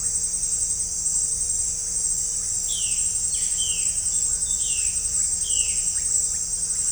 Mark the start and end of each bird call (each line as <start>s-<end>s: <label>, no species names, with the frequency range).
2.70s-5.87s: bird call (1.7-4.5 kHz)